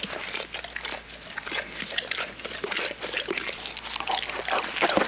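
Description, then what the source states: Bear chewing food, a steady run of wet, clicky crunching and smacking bites with no pauses. Eating, with wet chewing sounds.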